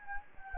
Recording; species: mosquito wingbeat signal from an infrared sensor; Anopheles gambiae